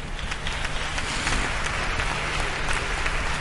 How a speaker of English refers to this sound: Are you clapping?